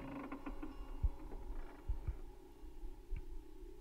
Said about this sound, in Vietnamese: Tất cả ánh mắt nhìn chừng chừng ra ngoài cửa, nơi mà cái cửa liếp cứ rung lên bần bật suốt cả một đêm.